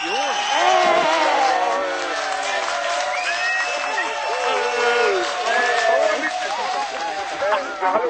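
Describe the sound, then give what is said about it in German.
Choir members chatting among themselves at once, overlapping voices forming a busy, steady babble with occasional louder exclamations, no single voice standing out. “Sag mal, ihr sollt da nicht rumquatschen. Gibt's da Privatgespräche im Chor?”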